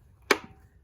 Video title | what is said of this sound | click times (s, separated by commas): Replacing the tail light bulb on a 2016 Chevy Traverse | and it snaps into place just like that now that the bulb has changed | 0.3 s